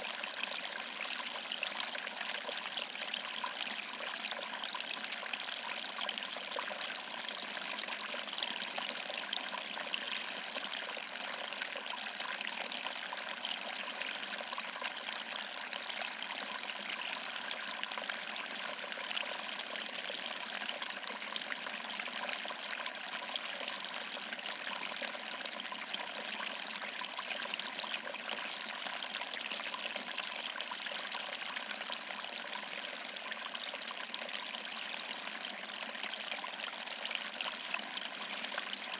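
A small waterfall runs steadily for the whole clip, a dense wash of splashing and trickling water. The sound is bright and hissy with almost no low rumble, and its level holds even throughout, with no distinct events or other sounds.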